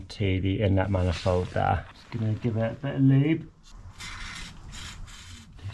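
Someone talks while lubricating the plastic quick-connect fitting of a PCV bypass kit hose before pushing it onto the inlet manifold port of a Vauxhall Mokka 1.4 Turbo B14NET engine, a fix for P0171 and P1101 fuel system lean codes. After the talk, soft rubbing and handling sounds come in short, hissy bursts. Nothing has seated or clicked yet.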